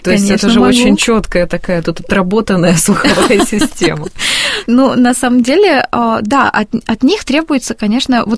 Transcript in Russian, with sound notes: То есть, это же очень четкая тут отработанная сухая система... (смеются)
Ну на самом деле, да — от них требуется, конечно...